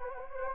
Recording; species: mosquito wingbeat signal from an infrared sensor; Anopheles gambiae